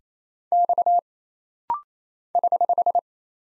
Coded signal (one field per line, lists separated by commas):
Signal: Morse code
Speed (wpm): 27 wpm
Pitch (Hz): 700 Hz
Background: none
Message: X <HH>